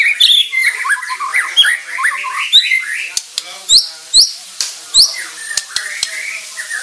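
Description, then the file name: White-rumped shama sounds, harsh squawky and chattering notes at first, then scattered sharp high chips and clicks with brief whistled fragments. Bordan type of white-rumped shama. "Suara Murai Bordan"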